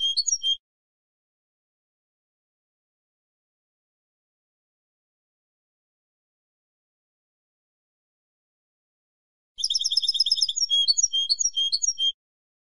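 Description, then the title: European goldfinch song, a brief twitter at the start, long silence, then a bright jingling trill that flows into varied liquid warbled notes for about two and a half seconds. "Jilguero"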